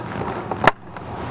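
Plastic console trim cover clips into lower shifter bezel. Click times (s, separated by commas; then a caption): 0.5 s, 0.7 s, 1.0 s. An upper plastic shifter console trim cover is pressed down onto the lower shifter bezel so its small plastic side clips snap into place. Sharp clicks land at 0.5, 0.7 and 1.0 seconds, with the loudest at 0.7 seconds, and the clips seat.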